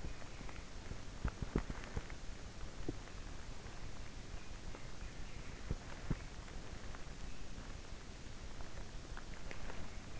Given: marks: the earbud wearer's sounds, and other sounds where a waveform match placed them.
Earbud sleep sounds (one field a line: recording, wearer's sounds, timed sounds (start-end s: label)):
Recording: sounds in sleep by an in-ear microphone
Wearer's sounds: teeth grinding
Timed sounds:
0.00-4.09 s: teeth grinding
8.83-10.19 s: teeth grinding